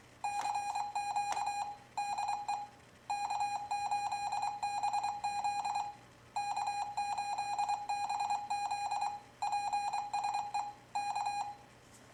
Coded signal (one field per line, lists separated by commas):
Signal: Morse code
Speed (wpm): 23 wpm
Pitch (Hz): 2450 Hz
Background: none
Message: CQ DE K8BZ K8BZ PSE K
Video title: MFJ-490 X Memory Keyer Review